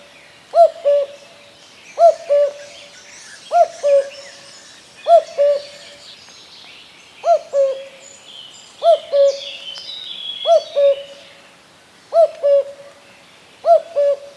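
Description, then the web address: Common cuckoo giving a run of nine two-note cu-coo calls, about every one and a half seconds, with quieter birdsong behind. "Przyroda Ptaki Kukułka"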